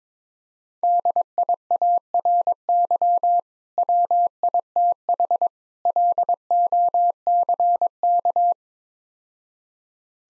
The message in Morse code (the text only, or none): DIARY WITH LOCK